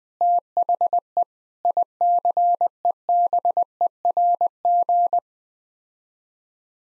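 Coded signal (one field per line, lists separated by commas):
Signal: Morse code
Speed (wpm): 20 wpm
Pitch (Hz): 700 Hz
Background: none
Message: THE ICEBERG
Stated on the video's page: Head-copy practice: sets of six-word n-grams sent in Morse at 20 wpm.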